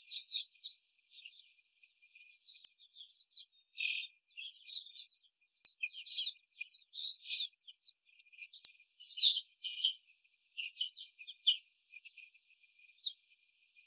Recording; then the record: young laying hens in a cage, short pieces joined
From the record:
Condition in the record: before the stressor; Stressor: simulated dog barking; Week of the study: 4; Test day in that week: 3